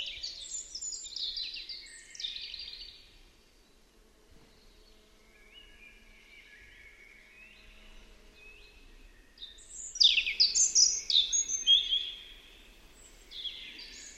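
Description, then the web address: European robin song: sweet, high-pitched phrases at the start, a quieter stretch of faint notes, then a brighter burst of rapid, shimmering warbles. "Deverinetal 2025 File origin Bird Only Er Ru"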